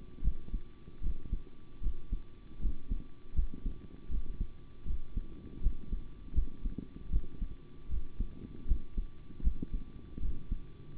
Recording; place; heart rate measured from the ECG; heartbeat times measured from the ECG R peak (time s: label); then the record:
heart sounds by stethoscope; between the tricuspid and mitral areas; 78 bpm
0.22 s: heartbeat
1.01 s: heartbeat
1.81 s: heartbeat
2.60 s: heartbeat
3.34 s: heartbeat
4.09 s: heartbeat
4.85 s: heartbeat
5.61 s: heartbeat
6.33 s: heartbeat
7.10 s: heartbeat
7.89 s: heartbeat
8.66 s: heartbeat
9.42 s: heartbeat
10.20 s: heartbeat
10.97 s: heartbeat
From the record:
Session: rest, sitting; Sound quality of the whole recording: good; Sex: male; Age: 25 years